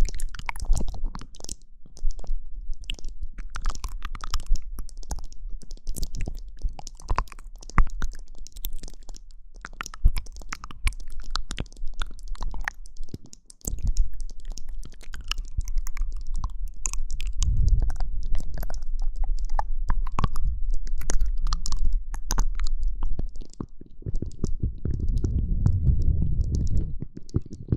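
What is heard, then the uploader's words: Mouth sounds: a dense run of wet clicks, smacks and crunchy chewing-like snaps, fast and irregular throughout. A steady low rumble sits underneath, with a brief dip near fourteen seconds and heavier low gurgling bursts around eighteen and twenty-five seconds. Mouth Sounds.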